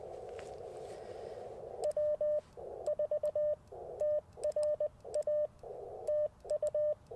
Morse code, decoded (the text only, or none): W4TRA TU